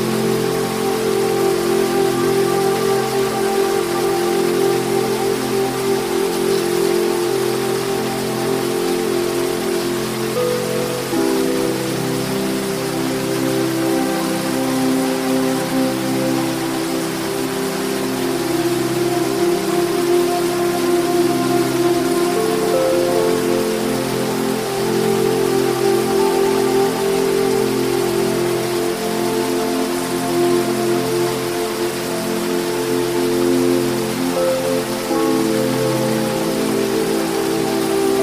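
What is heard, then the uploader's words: Soft, sustained tones hold over the steady rush of a tropical waterfall, which hisses evenly across the whole clip like heavy rain. The low, warm notes shift gently around ten and twenty-two seconds, while the overall loudness stays constant throughout. Calming Tones with Tropical Waterfall. Meditation music and nature sounds.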